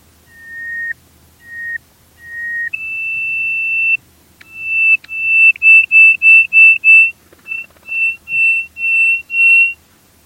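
Bird giving clear whistled notes: three short level whistles, then a long higher steady whistle, followed by a run of rapid pulsed notes and several evenly spaced short whistles.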